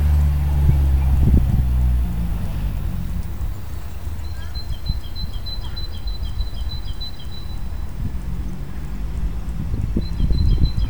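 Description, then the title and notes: Bird delivering a high, fast trill of even notes for about three seconds, with another trill starting near the end, over continuous low rumbling noise. Recorded during the solar eclipse of 20 March 2015. "Grabación del canto de un pájaro durante el eclipse del 20 de marzo de 2015"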